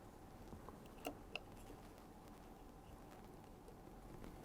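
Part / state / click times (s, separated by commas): MMCX antenna connector into the video transmitter jack on an FPV drone / not seated / none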